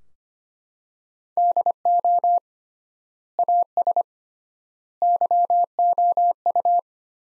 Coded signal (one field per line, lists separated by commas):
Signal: Morse code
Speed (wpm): 25 wpm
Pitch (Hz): 700 Hz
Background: none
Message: DO AS YOU